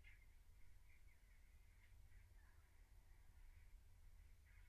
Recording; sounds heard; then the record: poultry house recording; no chicken sound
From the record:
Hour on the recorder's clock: 15